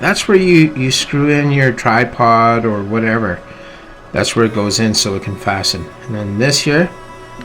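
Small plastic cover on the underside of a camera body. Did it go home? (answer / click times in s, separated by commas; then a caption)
no / none. Someone talks over background music while handling the small plastic cover on the underside of a Panasonic Lumix G95 mirrorless camera body, near the battery compartment and tripod screw hole, closing the cover for the battery grip contacts. The cover has not yet locked into place, and nothing has clicked or seated by the end of the clip.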